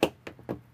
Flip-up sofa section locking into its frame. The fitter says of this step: they lock into place on you right here